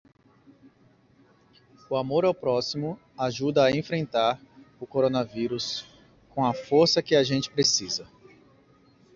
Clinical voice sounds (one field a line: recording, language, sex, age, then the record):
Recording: spoken sentence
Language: Brazilian Portuguese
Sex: male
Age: 30 to 39 years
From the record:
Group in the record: control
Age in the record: 34 years